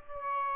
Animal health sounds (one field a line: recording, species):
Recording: mosquito wingbeat signal from an infrared sensor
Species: Aedes albopictus